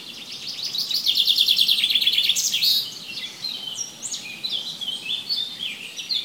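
Bird song: a rapid high trill lasting nearly two seconds, followed by a varied series of sliding whistled chirps.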